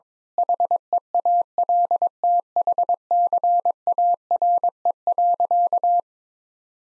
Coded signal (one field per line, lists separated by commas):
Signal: Morse code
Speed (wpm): 22 wpm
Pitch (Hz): 700 Hz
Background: none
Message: HEALTHCARE.